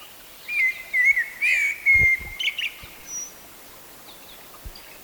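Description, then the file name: Eurasian blackbird song: one clear, wavering fluty phrase followed by a few soft high twitters, then quiet. "Turdus merula"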